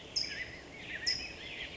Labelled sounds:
California Towhee
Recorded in Sonoma County, California

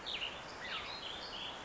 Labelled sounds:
Warbling Vireo
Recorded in Sonoma County, California

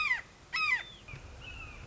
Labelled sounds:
Red-shouldered Hawk
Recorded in Sonoma County, California

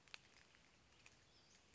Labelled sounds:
Western Flycatcher
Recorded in Sonoma County, California

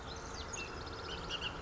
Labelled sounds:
Bullock's Oriole
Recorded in Sonoma County, California

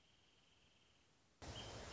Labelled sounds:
Wrentit
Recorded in Sonoma County, California

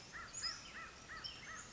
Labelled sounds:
American Crow
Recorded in Sonoma County, California

